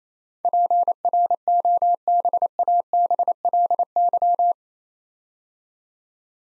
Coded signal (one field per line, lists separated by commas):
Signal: Morse code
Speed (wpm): 27 wpm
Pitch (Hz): 700 Hz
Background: none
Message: PROBABLY